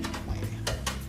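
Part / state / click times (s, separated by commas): rear I/O panel into the computer case opening / not seated / none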